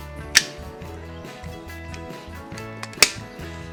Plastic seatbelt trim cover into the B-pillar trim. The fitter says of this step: that should snap into place and